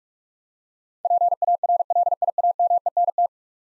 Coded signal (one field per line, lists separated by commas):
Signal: Morse code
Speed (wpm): 42 wpm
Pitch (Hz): 700 Hz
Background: none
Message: PARLIAMENT